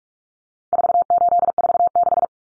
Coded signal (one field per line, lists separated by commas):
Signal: Morse code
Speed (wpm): 44 wpm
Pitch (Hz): 700 Hz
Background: none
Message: 4846